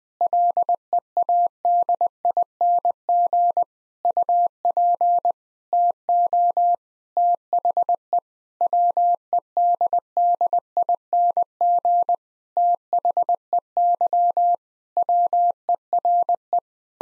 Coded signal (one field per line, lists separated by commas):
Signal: Morse code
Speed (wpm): 20 wpm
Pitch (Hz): 700 Hz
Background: none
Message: LEADING UP TO THE WEDDING THEY WERE